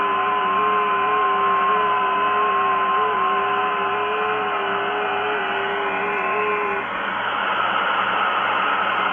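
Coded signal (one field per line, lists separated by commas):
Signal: FT8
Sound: several faint steady warbling tones layered over sideband hiss, one stopping partway through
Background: radio static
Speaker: So let's put the volume up and let it decode for a little while.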